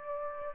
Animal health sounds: mosquito wingbeat signal from an infrared sensor; Aedes aegypti

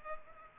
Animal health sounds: mosquito wingbeat signal from an infrared sensor; Culex pipiens

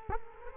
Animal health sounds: mosquito wingbeat signal from an infrared sensor; Culex quinquefasciatus

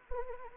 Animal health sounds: mosquito wingbeat signal from an infrared sensor; Anopheles arabiensis

